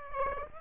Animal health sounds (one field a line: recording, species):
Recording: mosquito wingbeat signal from an infrared sensor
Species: Aedes aegypti